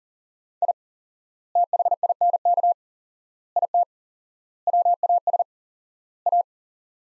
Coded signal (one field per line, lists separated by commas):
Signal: Morse code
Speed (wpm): 40 wpm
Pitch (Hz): 700 Hz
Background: none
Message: I THINK IT WAS A